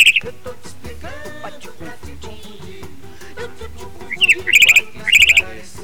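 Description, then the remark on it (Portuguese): A song plays on the radio with steady bass and melody while bright, high-pitched bird chirps, added to the track, cut in near the end, coming in quick repeated bursts that sit loudly over the music. “Não é que a rádio é rude, tem um passarinho.”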